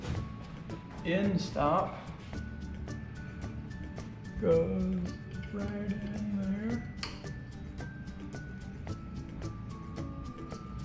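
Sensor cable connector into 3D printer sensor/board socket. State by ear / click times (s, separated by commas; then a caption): not seated / none. A small plastic sensor cable connector is handled near its socket on the frame of a Maker Made CNC Maker300 3D printer during assembly, while someone talks over background music. Only faint taps and handling sounds are heard, and nothing has seated or clicked yet.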